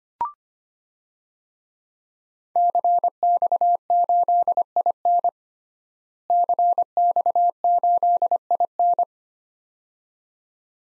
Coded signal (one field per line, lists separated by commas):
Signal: Morse code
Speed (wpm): 25 wpm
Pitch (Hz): 700 Hz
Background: none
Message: CX8IN CX8IN